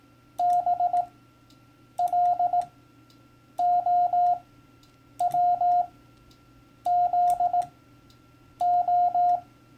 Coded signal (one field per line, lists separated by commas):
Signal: Morse code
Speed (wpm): 18 wpm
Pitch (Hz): 710 Hz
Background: none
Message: BLOWZO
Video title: How CW Ops Speak - Turning it Over